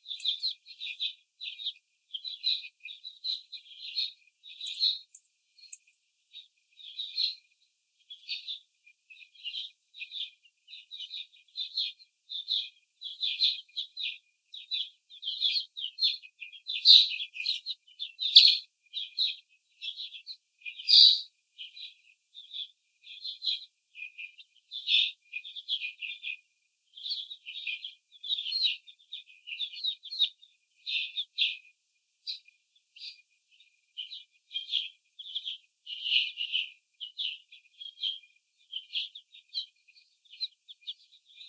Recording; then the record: young laying hens in a cage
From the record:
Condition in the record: after the stressor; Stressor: simulated dog barking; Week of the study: 4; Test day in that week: 3